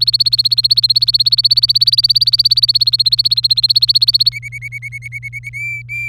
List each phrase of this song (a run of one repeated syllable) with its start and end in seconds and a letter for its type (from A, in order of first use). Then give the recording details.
0.00-4.29 A, 4.32-5.49 B, 5.53-6.09 C. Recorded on 24 April 2018 at 12:13. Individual llb3